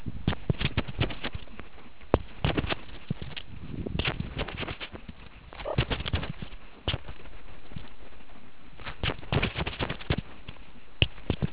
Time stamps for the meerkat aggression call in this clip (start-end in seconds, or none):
none